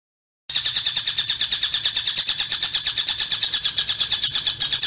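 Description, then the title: Oriental magpie-robin song beginning after a brief silence, then a steady run of high, shrill, rapidly pulsed notes without a break. "Kicau Kacer"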